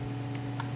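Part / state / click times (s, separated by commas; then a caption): bypass harness plug into car wiring connector / seated / 0.6 s. The second end of a stop-start bypass harness on an Alfa Romeo Giulia/Stelvio is plugged into its mating car wiring connector, the cable coming from the dash. Over a steady low hum, a faint tick at 0.4 s is followed by a sharp, bright click at 0.6 s as the connector seats and locks in.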